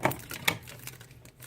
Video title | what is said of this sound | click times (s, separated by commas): Poster machine instructions | we'll put it in there it's just a spring-loaded make sure it locks in place | 0.5 s